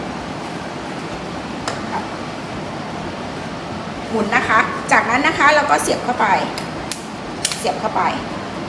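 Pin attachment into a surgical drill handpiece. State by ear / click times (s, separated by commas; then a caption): not seated / none. A pin attachment is handled, twisted and pushed toward an electric high-speed bone-cutting surgical drill handpiece while someone talks, with a few brief sharp taps around 1.7, 6.9 and 7.5 seconds. Nothing has seated or locked into the handpiece yet by the end of the clip.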